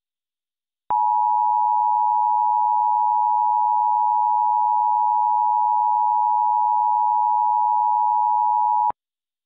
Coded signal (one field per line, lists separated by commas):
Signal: Emergency Alert System (SAME) tones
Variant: 853 and 960 Hz attention tone